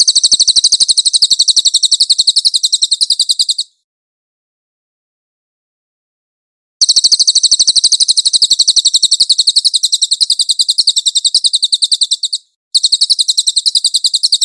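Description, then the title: Cililin song: a long, rapid, high-pitched trill of repeated chirps, a pause of about three seconds, then more trilling with a brief break. "SUARA BURUNG CILILIN"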